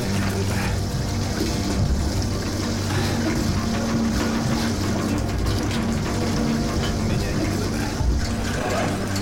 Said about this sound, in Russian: Он видит прорывку в борте, откуда льется вода и спускается в каюту.